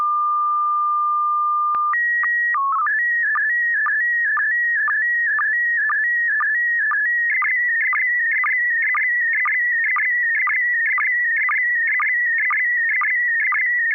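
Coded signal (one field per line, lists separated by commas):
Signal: SSTV (slow-scan television)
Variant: PD120 mode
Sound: a steady tone, a short rising calibration header, then warbling scan tones with ticking sync pulses about twice a second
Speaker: Uh, yeah, I believe I'm ready. Uh, and I have a picture. PD120. >> Go right ahead.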